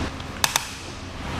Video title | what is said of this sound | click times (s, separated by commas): etrailer - Yakima Roof Rack Review - 2016 Jeep Cherokee Y00147 | you're going to tighten this down so you hear those audible clicks so | 0.4 s, 0.6 s